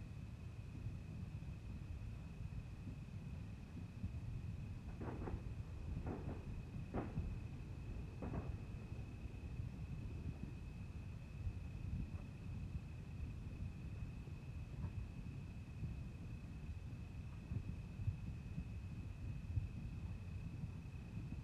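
Fourth of July fireworks in Los Angeles, heard over a steady low rumble. Four sharp pops crack out between about five and eight seconds, then things settle into the ongoing murmur, with a thin constant high whine running throughout.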